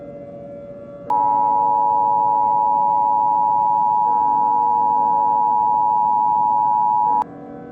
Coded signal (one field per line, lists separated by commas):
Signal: Emergency Alert System (SAME) tones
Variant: 853 and 960 Hz attention tone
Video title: EAS Scenario - The Cataclysm